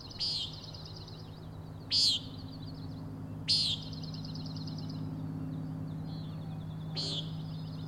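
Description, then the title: Common nighthawk calling four buzzy peents at uneven gaps, with a high trill and a low hum in the background. Three birds giving peenting calls, flying in close formation very near the recordist; Overlook, Schoodic Head, Acadia National Park, Winter Harbor, Maine; 16 June 2017, 4am. "Common Nighthawks, Schoodic Head 061617 4am"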